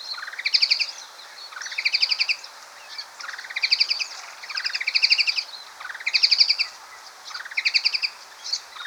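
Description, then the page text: White-throated babbler chattering calls, several fast rattling bursts of rising notes, high and bright, with faint background hiss. "White-Throated Babbler Calls. Quick Sounds"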